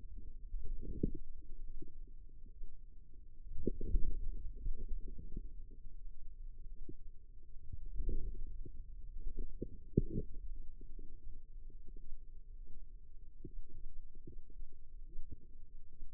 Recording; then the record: forearm muscle sounds (acoustic myography)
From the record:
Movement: wrist flexion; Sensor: system 2, bracelet of six BSWA MPA416 microphones around the upper forearm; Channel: 3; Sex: female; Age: 22 years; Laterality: right